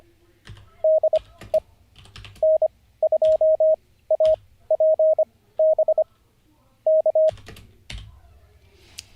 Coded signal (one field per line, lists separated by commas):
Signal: Morse code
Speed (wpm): 25 wpm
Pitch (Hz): 630 Hz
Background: none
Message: DE N2APB K